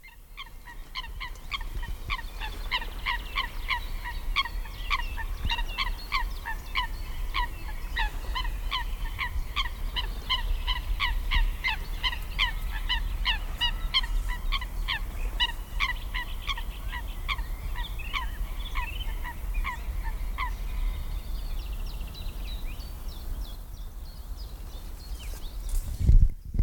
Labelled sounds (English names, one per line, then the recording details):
Eurasian Coot call
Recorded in the wild
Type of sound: call
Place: Lanke, Brandenburg, DE
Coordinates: 52.76, 13.54
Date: 1995-04-30 18:22
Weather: heiter 14-15°C
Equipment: Marantz CP 430, Sennheiser ME 80, Kopie Uher 4000 Report Monitor
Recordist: Tembrock, Günter
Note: Rufe vom Hellsee